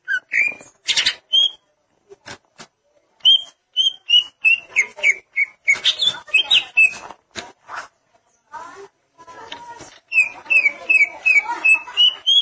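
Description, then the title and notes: Greater green leafbird song, scattered whistles and clicks at first, then a run of steady repeated whistled notes, later another series of bright slurs. "Suara Kicauan Burung Cucak Ijo"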